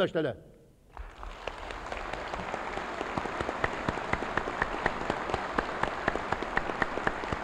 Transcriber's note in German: Applaus